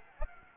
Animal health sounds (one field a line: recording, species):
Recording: mosquito wingbeat signal from an infrared sensor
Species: Anopheles gambiae